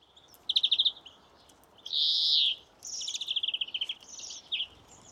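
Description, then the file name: European greenfinch song: a short twittering trill, then a long harsh wheeze, followed by a run of rapid chirping trills and a final brief note. "Chloris chloris"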